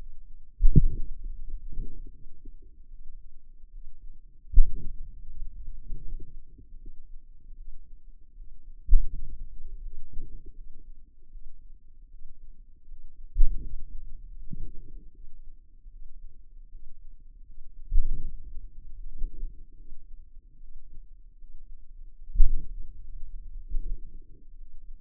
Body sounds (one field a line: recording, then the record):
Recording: forearm muscle sounds (acoustic myography)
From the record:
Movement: hand opening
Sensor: system 2, bracelet of six BSWA MPA416 microphones around the upper forearm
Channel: 4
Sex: female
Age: 23 years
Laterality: right